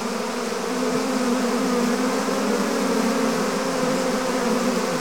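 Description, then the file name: Bees buzzing en masse, a steady, dense drone. Swarm of bees. "Digiffects Sound Effects Library - Swarm of Bees"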